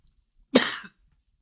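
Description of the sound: A single loud cough from an adult man, a sharp burst lasting about a third of a second with a harsh, noisy quality and a brief voiced tail. The room is otherwise quiet, with no speech around it.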